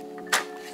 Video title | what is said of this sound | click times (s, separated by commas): Huge craft haul | and clicks into place or locks into place and we've got all the inches | 0.3 s